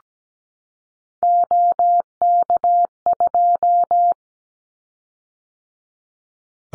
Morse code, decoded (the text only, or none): OK2